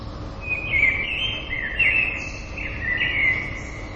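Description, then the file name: Common blackbird with three fluty, warbling song phrases in quick succession, some tipped with faint high twitters, over soft hiss. "merles"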